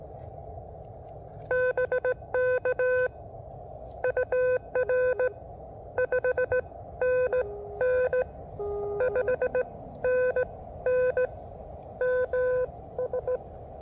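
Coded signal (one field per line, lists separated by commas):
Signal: Morse code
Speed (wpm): 18 wpm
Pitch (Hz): 500 Hz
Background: none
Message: BK UR 5NN 5NN MS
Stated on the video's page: Park activation on an Elecraft KX2.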